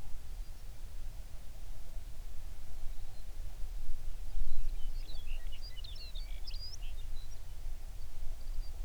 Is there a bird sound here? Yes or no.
yes